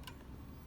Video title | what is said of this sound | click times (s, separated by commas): Juki TL-18QVP Haruka はるか Threading the Machine Pt.1 | so that that clicks in place. | 0.1 s